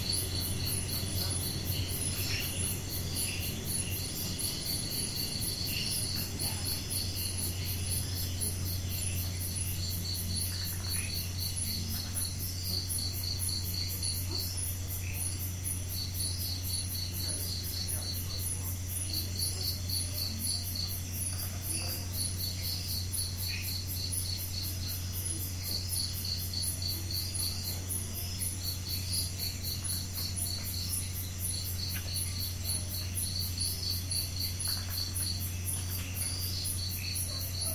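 Night insects chirp without pause, a dense, fast pulsing trill high up with a second, bursty chorus repeating every couple of seconds. Beneath them a steady low air-conditioning drone hums throughout, unchanging for the whole recording.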